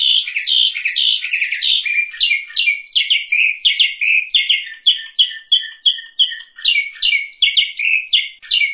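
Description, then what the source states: Bird singing a continuous high chatter of squeaky, slurred notes, repeated about three times a second without a break. Masteran tutor recording.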